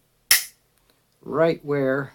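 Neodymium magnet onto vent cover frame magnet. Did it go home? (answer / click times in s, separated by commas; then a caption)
yes / 0.3 s. A small neodymium magnet is dropped onto an RV/trailer vent cover frame and snaps onto its mating magnet with a sharp, loud clack at 0.3 s, followed by two faint ticks. The magnet seats in place, and then someone talks.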